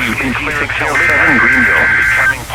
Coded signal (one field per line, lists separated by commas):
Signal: Emergency Alert System (SAME) tones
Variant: header bursts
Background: speech